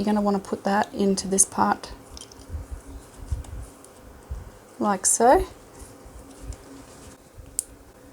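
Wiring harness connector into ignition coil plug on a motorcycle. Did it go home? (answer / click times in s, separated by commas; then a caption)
yes / 7.6 s. A wiring harness connector is pushed into the ignition coil plug on a KTM 390 Adventure motorcycle after the original plug is removed, and someone talks while fitting it. Faint handling and scraping sounds follow, then a sharp, short click at 7.6 s signals that the connector has seated properly.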